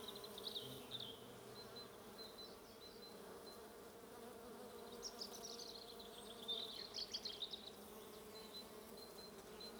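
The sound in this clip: Bees buzzing in a steady low drone throughout.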